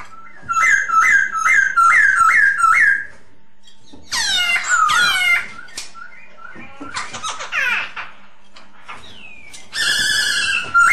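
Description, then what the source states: Masked laughingthrush starting with a steady run of rising whistled notes, then harsh scratchy bursts, ending in a buzzy, harmonic call. Lure sound (Indonesian 'suara pancingan') of the Poksay Hongkong.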